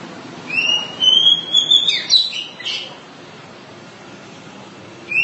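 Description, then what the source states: Oriental magpie-robin: songbird giving a long rising whistle followed by a brief burst of twittering notes, then a quiet stretch of faint background hiss before another note begins. Long-duration song.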